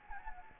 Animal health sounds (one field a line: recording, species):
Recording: mosquito wingbeat signal from an infrared sensor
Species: Anopheles gambiae